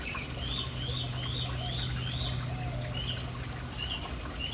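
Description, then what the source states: Birds chirping: short high arched notes repeated about every half second, then more sparsely, over constant splashing and trickling water. Urban city birds hanging around a fountain.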